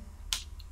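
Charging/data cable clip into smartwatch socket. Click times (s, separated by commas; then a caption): 0.3 s. The special charging and data clip for a Sony SmartWatch is opened and pushed into the socket on the watch. A sharp, bright click at 0.3 s shows the clip is seated and firmly attached, followed by a much fainter tick at about 0.6 s over a low steady hum.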